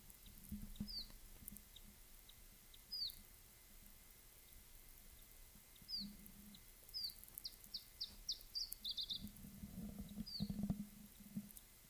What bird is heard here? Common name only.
Iberian Chiffchaff